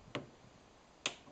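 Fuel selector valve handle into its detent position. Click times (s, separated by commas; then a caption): 1.1 s. A boat fuel selector valve handle on a 1976 Starcraft Islander is turned with a smooth action and clicks into its detent at the off position. A faint tick sounds at 0.1 s, then a sharper, louder click at 1.1 s as the valve seats in its detent.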